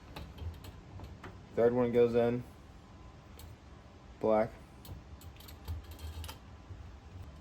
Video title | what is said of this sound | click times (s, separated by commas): TiAL Sport MVR ON MY RB20 | That one wouldn't snap in, but | none